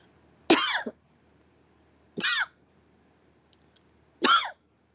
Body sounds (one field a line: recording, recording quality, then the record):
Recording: heavy voluntary cough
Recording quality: excellent, no background noise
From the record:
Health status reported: healthy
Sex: female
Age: 51 years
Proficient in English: yes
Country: India